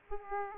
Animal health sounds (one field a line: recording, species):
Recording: mosquito wingbeat signal from an infrared sensor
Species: Aedes aegypti